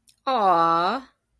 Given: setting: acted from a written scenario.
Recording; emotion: vocal sound without words; adoration